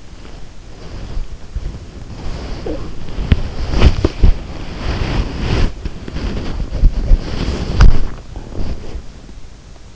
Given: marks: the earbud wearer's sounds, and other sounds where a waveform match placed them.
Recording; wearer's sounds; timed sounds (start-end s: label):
sounds in sleep by an in-ear microphone; body movement
0.00-9.43 s: body movement